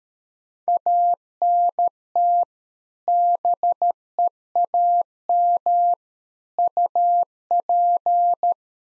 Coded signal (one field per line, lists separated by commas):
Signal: Morse code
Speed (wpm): 13 wpm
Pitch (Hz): 700 Hz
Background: none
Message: ANT BEAM UP